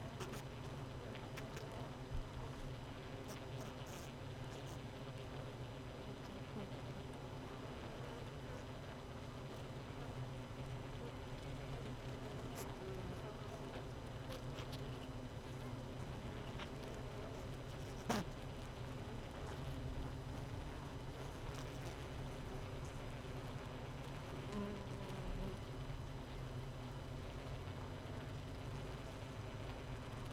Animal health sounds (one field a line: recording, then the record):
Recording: honeybee colony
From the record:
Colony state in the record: missing queen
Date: 31 May 2018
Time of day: 17:59